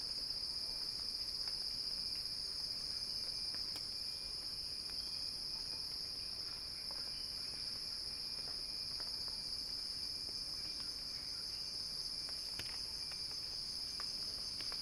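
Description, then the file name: High, steady cicada buzzing fills the whole stretch, with scattered quiet clicks and a faint chirp or two. Cicada chorus described as a crescendo. "earth-fm Axel-Drioli Cicada-Crescendo-Sounding-Wild"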